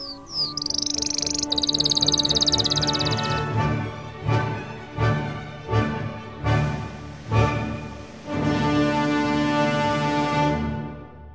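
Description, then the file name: Canary song: a rapid rolling trill with sharp high chirps in the opening seconds, then rhythmic music with soft beats takes over. Canary song mixed with music. "suara kenari dan musik"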